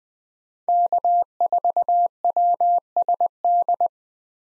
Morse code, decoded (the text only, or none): K4WSD